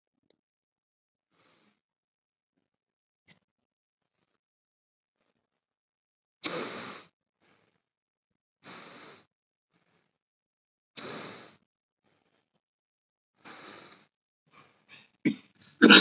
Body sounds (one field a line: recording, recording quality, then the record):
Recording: deep breathing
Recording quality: excellent, no background noise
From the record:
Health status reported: COVID-19 positive, mild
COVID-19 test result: positive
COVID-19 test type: rapid antigen test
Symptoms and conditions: cough, another respiratory illness, hypertension, diabetes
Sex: male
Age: 60 years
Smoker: no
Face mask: worn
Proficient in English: yes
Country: India